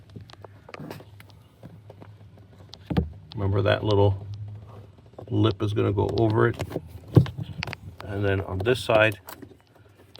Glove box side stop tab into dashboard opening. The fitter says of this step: had to squeeze is actually going to click in there so once you hear that little click you